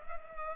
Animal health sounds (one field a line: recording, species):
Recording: mosquito wingbeat signal from an infrared sensor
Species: Culex pipiens